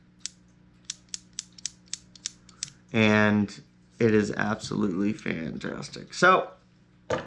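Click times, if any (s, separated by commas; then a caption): 0.3 s, 0.9 s, 1.4 s, 1.7 s, 2.3 s, 2.6 s. An aftermarket MCS LOK locking bolt on an EMF 100 magazine-fed paintball marker is worked several times, after a burr was filed off the inside with a small file so the sticking spring plunger moves freely. Sharp, brief clicks at 0.3, 0.9, 1.4, 1.7, 2.3 and 2.6 seconds show the plunger clicking into place each time. Then someone talks.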